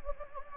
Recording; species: mosquito wingbeat signal from an infrared sensor; Anopheles gambiae